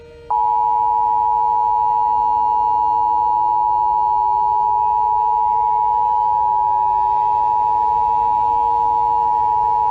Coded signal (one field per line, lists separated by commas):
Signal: Emergency Alert System (SAME) tones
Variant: 853 and 960 Hz attention tone